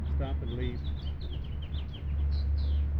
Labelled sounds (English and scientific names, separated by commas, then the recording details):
House Finch (Haemorhous mexicanus) song
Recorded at Lynbrook on Long Island, New York, on 17 June 1975
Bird F